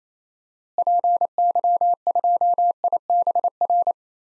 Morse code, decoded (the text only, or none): PY2IBR